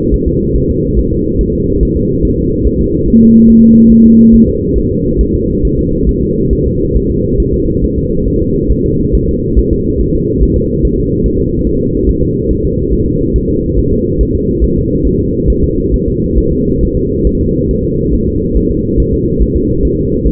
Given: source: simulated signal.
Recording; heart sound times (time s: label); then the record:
fetal heart sounds
0.14 s: S1
0.28 s: S2
0.56 s: S1
0.70 s: S2
0.99 s: S1
1.13 s: S2
1.41 s: S1
1.55 s: S2
1.83 s: S1
1.97 s: S2
2.25 s: S1
2.39 s: S2
2.67 s: S1
2.81 s: S2
3.08 s: S1
3.22 s: S2
3.50 s: S1
3.64 s: S2
3.92 s: S1
4.06 s: S2
4.34 s: S1
4.49 s: S2
4.78 s: S1
4.92 s: S2
5.21 s: S1
5.35 s: S2
5.65 s: S1
5.79 s: S2
6.09 s: S1
6.23 s: S2
6.53 s: S1
6.67 s: S2
6.96 s: S1
7.10 s: S2
7.40 s: S1
7.54 s: S2
7.84 s: S1
7.98 s: S2
8.28 s: S1
8.42 s: S2
8.72 s: S1
8.86 s: S2
9.15 s: S1
9.29 s: S2
9.59 s: S1
9.73 s: S2
10.01 s: S1
10.16 s: S2
10.43 s: S1
10.57 s: S2
10.85 s: S1
10.99 s: S2
11.26 s: S1
11.40 s: S2
11.67 s: S1
11.81 s: S2
12.09 s: S1
12.23 s: S2
12.51 s: S1
12.65 s: S2
12.93 s: S1
13.07 s: S2
13.36 s: S1
13.50 s: S2
13.79 s: S1
13.93 s: S2
14.21 s: S1
14.35 s: S2
14.64 s: S1
14.78 s: S2
15.07 s: S1
15.21 s: S2
15.50 s: S1
15.64 s: S2
15.94 s: S1
16.08 s: S2
16.38 s: S1
16.52 s: S2
16.83 s: S1
16.97 s: S2
17.27 s: S1
17.41 s: S2
17.71 s: S1
17.85 s: S2
18.14 s: S1
18.28 s: S2
18.57 s: S1
18.71 s: S2
19.00 s: S1
19.14 s: S2
19.42 s: S1
19.56 s: S2
19.85 s: S1
19.99 s: S2
20.27 s: S1
From the record:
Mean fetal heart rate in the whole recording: 140 bpm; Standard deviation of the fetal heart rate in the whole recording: 2 bpm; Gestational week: 34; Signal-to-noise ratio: -14.7 dB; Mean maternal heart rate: 72 bpm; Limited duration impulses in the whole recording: present